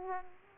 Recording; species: mosquito wingbeat signal from an infrared sensor; Aedes aegypti